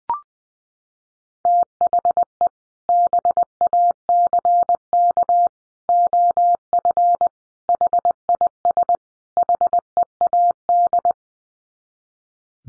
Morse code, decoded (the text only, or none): THE BACK OF HIS HEAD